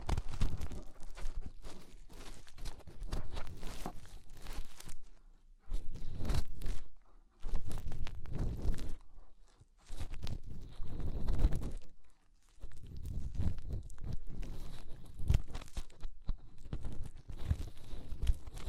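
Fingers rub and scrape inside an ear, making dense, crackling, thumping rustles that come in bursts of a few seconds each. Short silent gaps separate the bursts, near 5, 7, 10 and 12 seconds. The scraping is rough and uneven, with heavy low rumble throughout.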